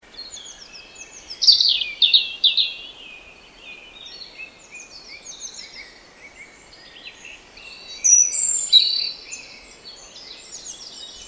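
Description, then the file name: European robin song in two bursts of high, crisp, jumbled notes and trills several seconds apart, with softer fragments in between and constant light background hiss. "Erithacus rubecula"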